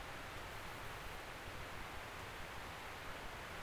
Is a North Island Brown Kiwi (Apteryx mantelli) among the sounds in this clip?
no